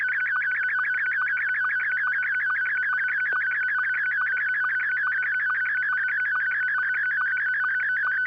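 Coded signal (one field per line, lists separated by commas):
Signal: SSTV (slow-scan television)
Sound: steady mid-pitched tone broken by rapid regular chirping blips, like a buzzing warble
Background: low hum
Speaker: and SSTV are completely free of pops, and you can't see any in the pictures either.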